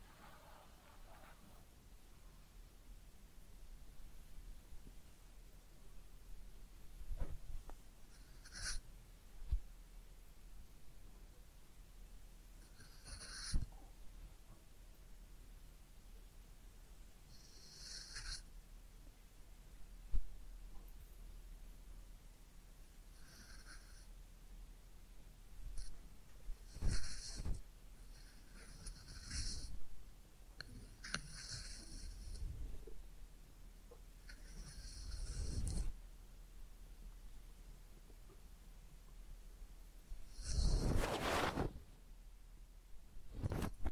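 A head massage and ear cleaning with soft, uneven handling sounds: brushing, rubbing and scratchy strokes that come in short bursts every few seconds. Low thumps and rustles recur throughout, with a louder, sharper crackling burst near the end.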